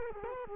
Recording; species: mosquito wingbeat signal from an infrared sensor; Culex quinquefasciatus